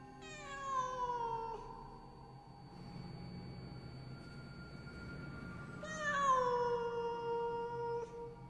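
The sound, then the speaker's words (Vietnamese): A cat gives a long, drawn-out yowl that slides downward in pitch, then a low, rough rumbling growl, followed by a second loud, wavering yowl. “Ngay khi tôi quyết định quay lưng đi đến nhà chú Tình cầu cứu, thì bỗng nhiên trong bụi rậm, nơi có con vật mà nãy giờ tôi vẫn cứ nghĩ là con mèo, bỗng nhiên phát ra những tiếng gừ gừ.”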